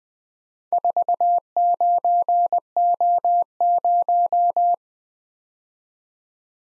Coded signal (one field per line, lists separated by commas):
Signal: Morse code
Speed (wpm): 21 wpm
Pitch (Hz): 700 Hz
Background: none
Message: 49O0